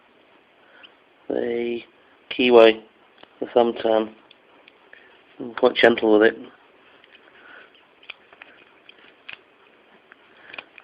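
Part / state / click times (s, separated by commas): lock opening tool in a cylinder lock keyway/thumb turn / not seated / none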